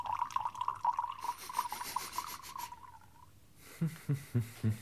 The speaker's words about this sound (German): Da wird das Geruchsorgan des Meisters jäh auf den Wein hingelenkt, den Naumann eben in die langstieligen Hochglanzschliffgläser einschenkt.